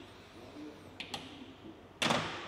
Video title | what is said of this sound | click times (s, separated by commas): Unlocking the Power of John Deere GPS in a Fendt! | corners and everything and eventually the whole headboard will pop down | 1.0 s, 1.1 s, 2.0 s